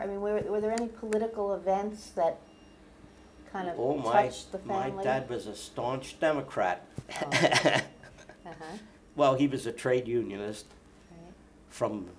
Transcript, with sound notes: I mean, were there any political events that kind of touched the family?
Oh, my dad was a staunch Democrat.. (laughs) Well, he was a trade unionist from,